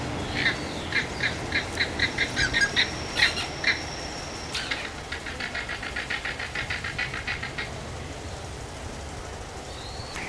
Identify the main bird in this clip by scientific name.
Phoenicoparrus jamesi